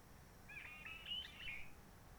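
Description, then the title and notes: Réunion bulbul song: a single rich warbled phrase with mixed whistled notes, over faint hiss. Roche Merveilleuse, Réunion; forest quiet since the 19 March 2020 lockdown, no hikers, microlights or helicopters; sunny blue sky; birds not very active; song simpler, short phrases, adapted to past aircraft noise. "Roche Merveilleuse, Réunion - Merle de lîle de la Réunion. depuis le 19 mars 2020 c'est calme même quand il fait beau"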